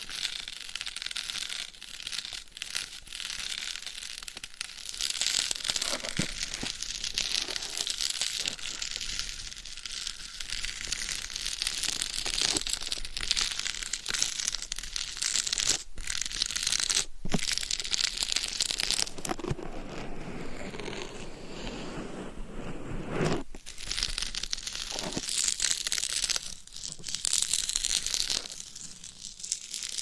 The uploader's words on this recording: ASMR Binaural Mic Scratching & Tapping with Different Gloves & Nails for 100% SLEEP - No Talking.